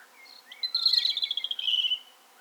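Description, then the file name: European robin singing one phrase: a few soft high whistles lead into a long, rapid, silvery trill that slowly drops in pitch before fading. "Erithacus rubecula - European Robin"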